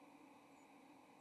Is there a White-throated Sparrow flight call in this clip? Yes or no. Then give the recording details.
no. Another species' flight call is heard. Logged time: 06:59 on 30 October 2014